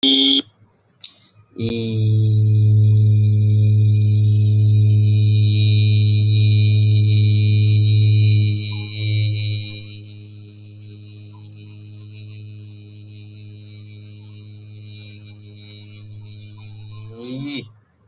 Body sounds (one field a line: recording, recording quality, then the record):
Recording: sustained vowel as in beet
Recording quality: excellent, no background noise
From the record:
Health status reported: healthy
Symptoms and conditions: none ticked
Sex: male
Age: 26 years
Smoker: not ticked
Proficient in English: yes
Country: India